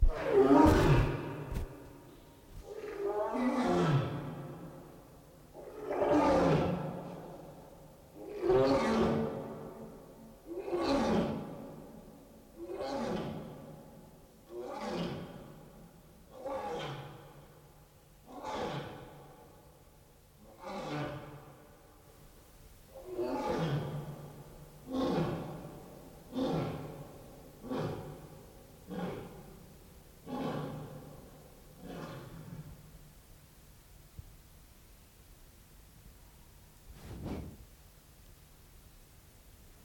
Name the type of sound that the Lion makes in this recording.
call